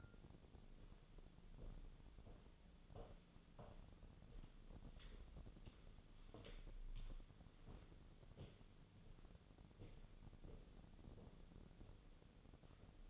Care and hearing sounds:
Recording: daily activity, microphone in the room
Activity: walk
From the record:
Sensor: 4

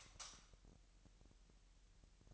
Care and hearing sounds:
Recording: daily activity, microphone in the room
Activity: light off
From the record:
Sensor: 3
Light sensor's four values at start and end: 12/34/13/12 and 6/13/5/6

